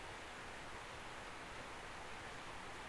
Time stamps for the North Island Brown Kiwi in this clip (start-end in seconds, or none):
none